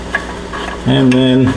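A metal drain bolt is refitted into the fluid drain hole in the axle or engine housing of a Kubota compact tractor during its 400-hour service; it is turned backwards to avoid cross-threading until the threads drop into line with a sharp click at 0.2 s. Someone then talks, and the bolt is seated, ready to be tightened by hand.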